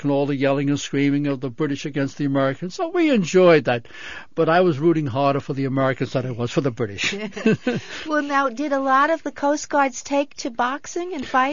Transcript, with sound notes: All the yelling and screaming of the British against the Americans. So we enjoyed that. But I was rooting harder for the Americans than I was for the British. ( they laugh )
Well, now, did a lot of the Coast Guards take to boxing and fighting?